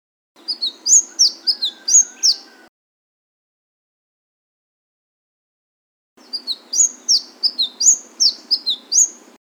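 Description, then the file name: Flame-breasted sunbird song in two fast phrases of shrill, slurred chirps, each a couple of seconds long, with a long silent pause between them. "suara kicauan burung madu matari. omkicau"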